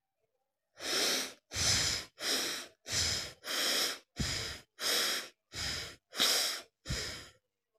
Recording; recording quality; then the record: shallow breathing; excellent, no background noise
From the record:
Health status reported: healthy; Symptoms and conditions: none ticked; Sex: female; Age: 28 years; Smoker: not ticked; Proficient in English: yes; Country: India